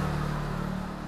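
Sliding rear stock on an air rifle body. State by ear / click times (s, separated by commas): not seated / none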